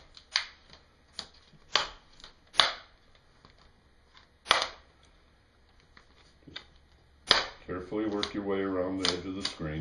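Plastic screen bezel clips on the display lid of an HP Pavilion G7-1073nr laptop are pried loose around the edge of the screen by hand. Each clip snaps free with a sharp crack at 0.4, 1.8, 2.6, 4.5 and 7.3 seconds, with fainter ticks between them. Someone talks near the end, and the clips come loose.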